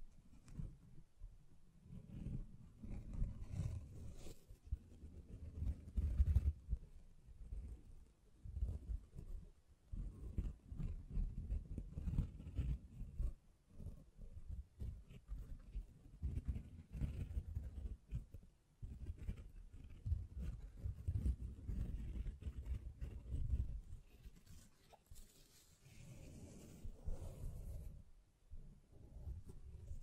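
Hands tap, scratch and brush against a microphone, producing dense, low rumbling thumps and rubbing that come in bursts of a few seconds with brief pauses between. The handling noise stays heavy in the bass throughout, with occasional brighter scratchy textures near the end.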